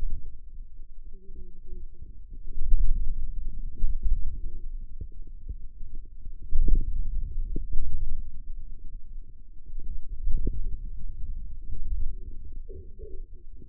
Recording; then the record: forearm muscle sounds (acoustic myography)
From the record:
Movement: radial deviation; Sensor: system 2, bracelet of six BSWA MPA416 microphones around the upper forearm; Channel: 6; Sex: female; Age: 21 years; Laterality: right